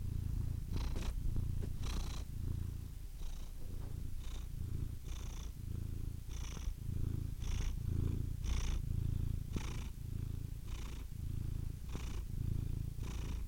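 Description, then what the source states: Domestic cat producing a low rhythmic purr, with breath pulses about every second. Compilation of domestic cats, from kittens to old cats.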